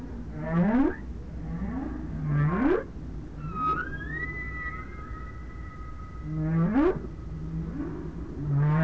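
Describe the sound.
Whale calls, several upswept whoops with a higher steady whistled tone in between, over low background rumble.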